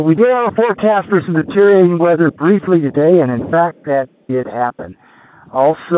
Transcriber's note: broken connection